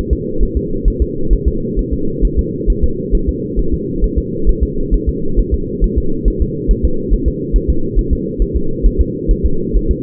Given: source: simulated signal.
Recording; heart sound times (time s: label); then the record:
fetal heart sounds
0.13 s: S2
0.43 s: S1
0.57 s: S2
0.88 s: S1
1.02 s: S2
1.33 s: S1
1.48 s: S2
1.79 s: S1
1.93 s: S2
2.25 s: S1
2.39 s: S2
2.70 s: S1
2.84 s: S2
3.15 s: S1
3.29 s: S2
3.59 s: S1
3.74 s: S2
4.04 s: S1
4.18 s: S2
4.49 s: S1
4.63 s: S2
4.94 s: S1
5.09 s: S2
5.39 s: S1
5.54 s: S2
5.84 s: S1
5.98 s: S2
6.28 s: S1
6.42 s: S2
6.71 s: S1
6.85 s: S2
7.13 s: S1
7.28 s: S2
7.56 s: S1
7.70 s: S2
7.99 s: S1
8.13 s: S2
8.42 s: S1
8.56 s: S2
8.86 s: S1
9.01 s: S2
9.31 s: S1
9.45 s: S2
9.76 s: S1
9.91 s: S2
From the record:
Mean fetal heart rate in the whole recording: 135 bpm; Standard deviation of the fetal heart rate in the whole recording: 3 bpm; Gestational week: 36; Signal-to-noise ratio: -8.1 dB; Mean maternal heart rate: 72 bpm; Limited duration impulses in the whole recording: absent